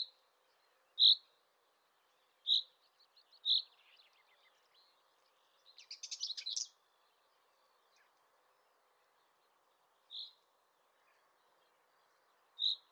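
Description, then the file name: Common chaffinch single call notes spaced irregularly, with a brief buzzy chattering burst midway and a faint steady background hum. "Fringilla coelebs"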